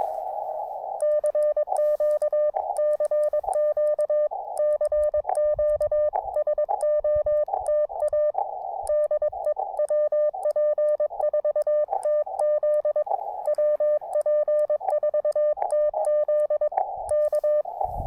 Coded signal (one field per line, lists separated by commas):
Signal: Morse code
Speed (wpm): 22 wpm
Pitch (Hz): 590 Hz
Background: none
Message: CQ CQ CQ SOTA DE WP4TZ WP4TZ K